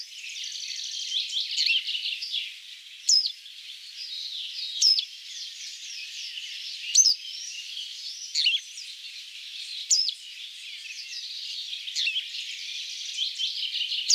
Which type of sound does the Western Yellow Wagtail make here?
song